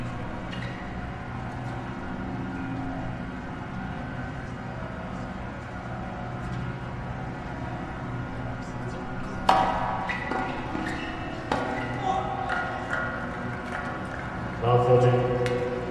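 Steady crowd murmur at the US Open tennis tournament in New York, with sharp knocks and taps after nine seconds and a louder swell near fifteen.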